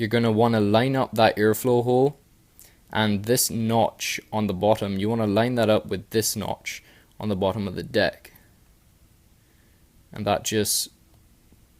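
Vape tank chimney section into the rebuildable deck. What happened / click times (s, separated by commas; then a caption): Parts aligned by hand with no seating click / none. A vape tank's chimney section for a Youde/UD Bellus RTA is lined up by its airflow hole with the notch on the bottom of the rebuildable deck before being pushed in. Someone talks in bursts with quiet pauses between them. Nothing has seated or clicked yet.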